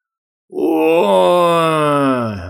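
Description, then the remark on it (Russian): A man who has just come out of the sea into shallow water falls to his knees and lets out one long, loud groan, starting abruptly and holding a low, strained tone for about two seconds before it slowly falls away. No speech is heard. “Выйдя на мелководье, человек упал на колени и громко застонал.”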